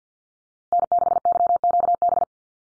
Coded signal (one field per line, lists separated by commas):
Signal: Morse code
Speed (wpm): 49 wpm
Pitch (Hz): 700 Hz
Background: none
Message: N6YQB